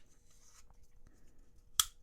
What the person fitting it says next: and then it just snaps back into place.